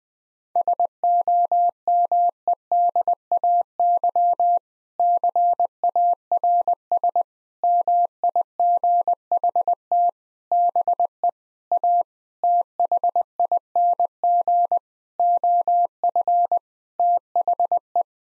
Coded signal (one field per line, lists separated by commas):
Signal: Morse code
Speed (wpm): 20 wpm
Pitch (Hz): 700 Hz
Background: none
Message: SOMEDAY CARS MIGHT BE A THING OF THE